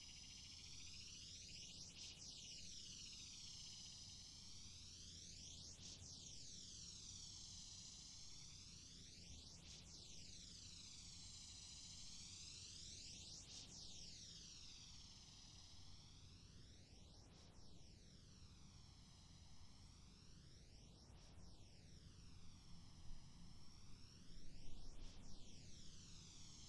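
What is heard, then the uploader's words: Summer cicadas make a dense, unbroken high hiss throughout, with a slow swirling, whooshing sweep that repeats about every four seconds. A faint steady low hum sits underneath, and the sound turns slightly louder and rougher near the end. 8D Summer Cicadas.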